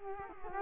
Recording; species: mosquito wingbeat signal from an infrared sensor; Culex quinquefasciatus